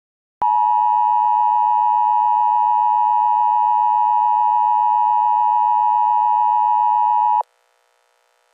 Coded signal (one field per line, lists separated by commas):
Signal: Emergency Alert System (SAME) tones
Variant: 853 and 960 Hz attention tone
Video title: Rating EAS Alarms Part 13: a Moments